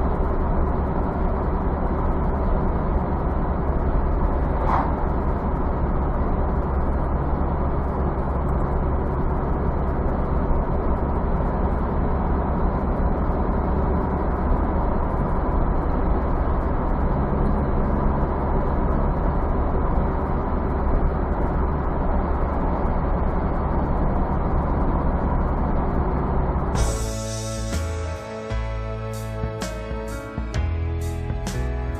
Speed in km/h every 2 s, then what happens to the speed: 75, 75, 75, 73, 74, 73, 74, 75, 75, 74, 74, 74, 73, 73, 75, 75.
0-32 steady at about 74.